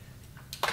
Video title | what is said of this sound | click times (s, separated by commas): Upwalker Premium Lite Easy Setup And Installation | with one hand grab onto the hand grip and the other hand push the brake forward until you hear it click and stay in a forward position | 0.5 s, 0.6 s